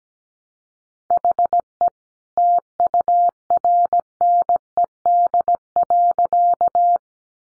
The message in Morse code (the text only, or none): HE TURNED.